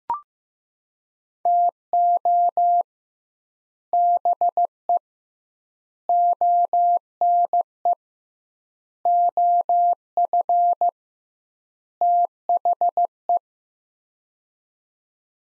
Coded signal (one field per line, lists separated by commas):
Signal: Morse code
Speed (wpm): 15 wpm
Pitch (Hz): 700 Hz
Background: none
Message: TO BE ONE OF THE